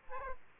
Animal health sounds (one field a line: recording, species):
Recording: mosquito wingbeat signal from an infrared sensor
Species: Aedes aegypti